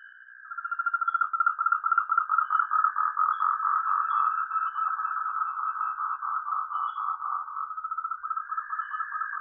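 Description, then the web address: Moltrecht's green treefrog call: a long, rapid pulsed trill at a steady mid pitch, running almost nine seconds with gentle swells in loudness. Taiwan. "frog treefrog of Taiwan Rhacophorus moltrechti"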